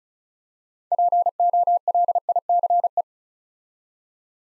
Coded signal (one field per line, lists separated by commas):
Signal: Morse code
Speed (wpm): 34 wpm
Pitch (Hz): 700 Hz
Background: none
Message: POLICE